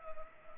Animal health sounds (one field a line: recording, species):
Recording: mosquito wingbeat signal from an infrared sensor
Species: Culex pipiens